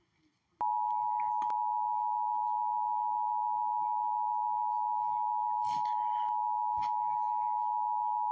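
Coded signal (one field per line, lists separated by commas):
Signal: Emergency Alert System (SAME) tones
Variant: 853 and 960 Hz attention tone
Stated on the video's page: Fictional EAS scenario about fog.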